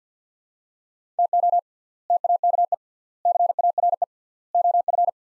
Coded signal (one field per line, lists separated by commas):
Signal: Morse code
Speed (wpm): 50 wpm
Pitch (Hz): 700 Hz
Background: none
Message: TO TAKE CARE OF